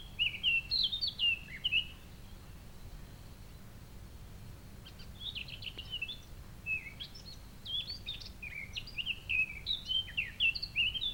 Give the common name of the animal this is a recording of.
Eurasian Blackcap